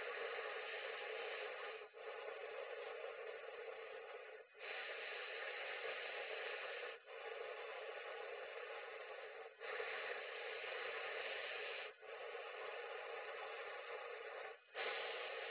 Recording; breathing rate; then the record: paced breathing near a phone; 12 breaths a minute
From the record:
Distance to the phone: 20 cm